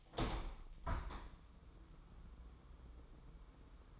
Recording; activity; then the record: daily activity, microphone in the room; open window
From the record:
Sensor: 1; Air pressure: 999.9 hPa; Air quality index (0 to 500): 236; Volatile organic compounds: 105 ppm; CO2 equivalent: 3787 ppm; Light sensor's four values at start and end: 10/26/10/11 and 11/27/11/12